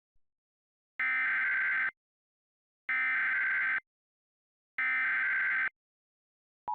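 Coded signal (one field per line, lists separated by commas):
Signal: Emergency Alert System (SAME) tones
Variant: header bursts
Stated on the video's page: Simulated fictional EAS mock on a Comcast X1 loading screen from a DASDEC-II unit, using valid tones.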